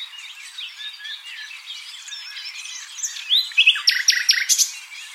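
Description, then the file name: Common nightingale singing a soft, varied warbling passage that builds into a loud burst of sharp, rapidly repeated whistled notes near the end. "Luscinia megarhynchos"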